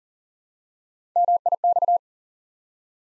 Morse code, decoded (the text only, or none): MIX